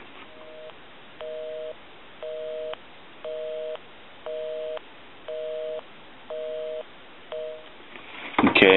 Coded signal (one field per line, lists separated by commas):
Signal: telephone call progress tone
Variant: North America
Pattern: busy tone